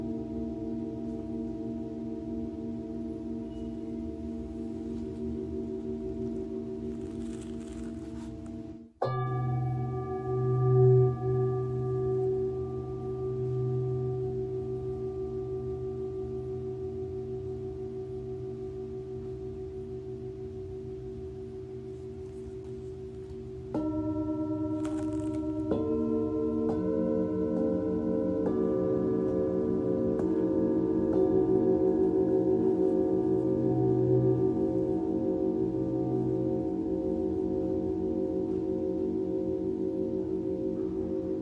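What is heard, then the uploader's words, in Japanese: Singing bowls ring in long, sustained, shimmering tones that overlap and slowly pulse. A new bowl is struck near 9 seconds and again around 24 and 27 seconds, each adding brighter layered tones to a steady, mellow hum that swells gently throughout. メキシコから シンギングボウルのサウンドヒーリング。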